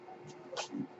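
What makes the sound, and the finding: Home mechanical ventilator. Mechanical ventilator noise.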